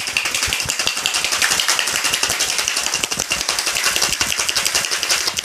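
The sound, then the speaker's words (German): Ice cubes (not crushed ice) rattle hard inside a cocktail shaker as an Espresso Martini with Tia Maria is shaken hard, in a fast, steady rhythm of bright clattering hits, loud and continuous for several seconds with no talking. “Jetzt ist es wichtig, dass du halt hart shakest.”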